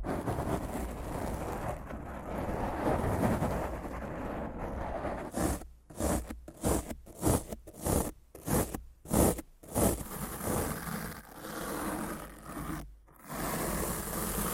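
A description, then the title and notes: Rough scratching and brushing on a microphone: steady coarse rubbing, then a burst of quick rhythmic strokes around six to ten seconds, with short pauses. ASMR Rough Mic Scratching & Brushing (No Talking).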